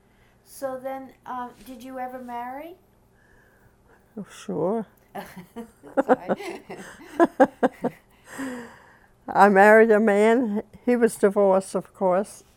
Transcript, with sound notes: So then, did you ever marry?
Sure. (they laugh) I married a man. He was divorced, of course,